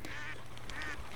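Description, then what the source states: Waterfowl honks, two nasal calls a half-second apart over a low steady hum. Wild waterfowl recorded in Alaska.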